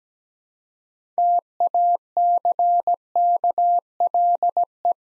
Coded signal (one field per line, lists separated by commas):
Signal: Morse code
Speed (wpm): 17 wpm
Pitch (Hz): 700 Hz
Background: none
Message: TACKLE